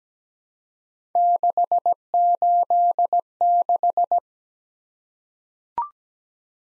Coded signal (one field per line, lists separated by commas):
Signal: Morse code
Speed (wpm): 17 wpm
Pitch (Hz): 700 Hz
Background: none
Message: 686